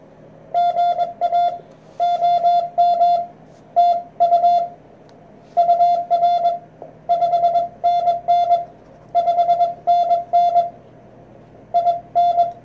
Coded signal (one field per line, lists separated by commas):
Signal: Morse code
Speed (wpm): 20 wpm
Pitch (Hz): 700 Hz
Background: none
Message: GA OM TU UR 5NN 5NN IN